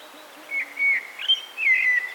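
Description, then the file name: Common blackbird song: a few low, fluty whistled phrases in short bursts, with slight rises and falls, separated by brief pauses. "Turdus merula"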